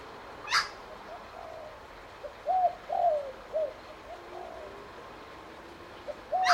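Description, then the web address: Spotted dove coo: a gentle low hoot followed by a longer sliding note and a short final coo, bracketed by sharp clicking sounds at start and end. "Sound Effects-Foundation 1 BIRD SPOTTED TURTLE DOVE CALL"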